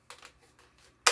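A plastic filter top piece is pressed onto the charcoal filter holder of a countertop water distiller. A few faint scraping and rustling sounds come first, then a sharp, loud snap at 1.1 s as it pops into place. The top went on easily this time, though it is sometimes stubborn.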